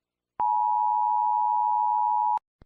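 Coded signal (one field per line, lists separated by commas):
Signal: Emergency Alert System (SAME) tones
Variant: 853 and 960 Hz attention tone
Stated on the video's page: Fictional EAS scenario, fake recreation.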